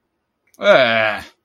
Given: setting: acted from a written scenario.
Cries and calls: vocal sound without words; disgust

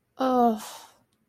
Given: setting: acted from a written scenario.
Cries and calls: vocal sound without words; disappointment

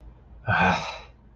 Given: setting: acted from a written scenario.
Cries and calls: vocal sound without words; disappointment

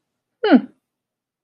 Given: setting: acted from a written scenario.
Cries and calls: vocal sound without words; pride

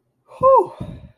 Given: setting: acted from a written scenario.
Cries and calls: vocal sound without words; relief

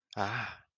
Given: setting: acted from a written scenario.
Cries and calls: vocal sound without words; interest

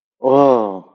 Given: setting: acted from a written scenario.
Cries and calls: vocal sound without words; awe

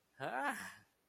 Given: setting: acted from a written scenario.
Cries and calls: vocal sound without words; elation

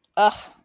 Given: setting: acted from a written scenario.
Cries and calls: vocal sound without words; contempt

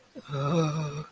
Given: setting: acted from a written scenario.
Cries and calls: vocal sound without words; embarrassment

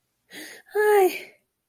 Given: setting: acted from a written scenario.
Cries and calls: vocal sound without words; fear

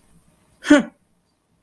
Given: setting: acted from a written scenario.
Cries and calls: vocal sound without words; contempt

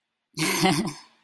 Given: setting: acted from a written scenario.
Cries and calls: vocal sound without words; romantic love

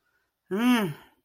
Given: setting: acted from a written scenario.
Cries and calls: vocal sound without words; desire

